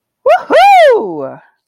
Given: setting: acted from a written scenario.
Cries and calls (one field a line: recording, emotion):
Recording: vocal sound without words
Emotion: triumph